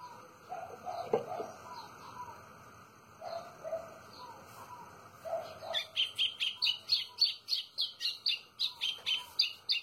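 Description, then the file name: White-throated seedeater song: after softer, lower chirps, a quick series of sharp, high notes begins and continues to the end. "canto do golinho"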